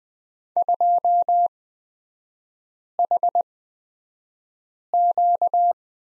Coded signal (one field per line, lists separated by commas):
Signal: Morse code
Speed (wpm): 20 wpm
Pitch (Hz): 700 Hz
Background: none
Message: 2HQ